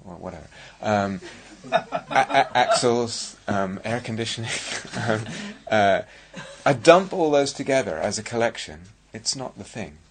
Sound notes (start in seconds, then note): 1.2 laughter; 4.6 laughter